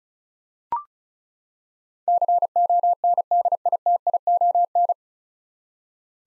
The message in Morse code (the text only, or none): CONDITION